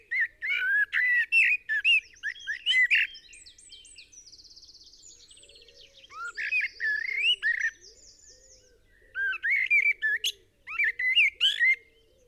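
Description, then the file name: Eurasian blackbird uttering rapid chattering and warbled notes in bursts, pausing midway, with high trills from other birds and soft low repeated hoots underneath. "Turdus merula"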